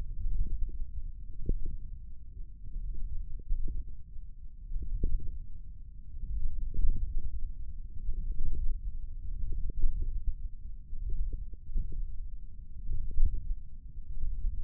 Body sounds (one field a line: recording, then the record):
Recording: forearm muscle sounds (acoustic myography)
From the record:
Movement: ulnar deviation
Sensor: system 1, eight BSWA MPA416 microphones around the upper forearm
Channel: 5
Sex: male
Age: 28 years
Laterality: right